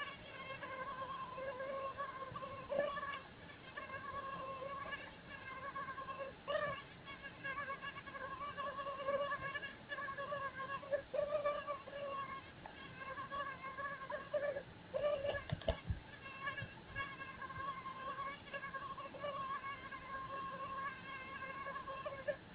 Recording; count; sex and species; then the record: mosquito flight sound in a plastic cup; one mosquito; female Aedes aegypti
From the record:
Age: 6 days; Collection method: oviposition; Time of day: 16:43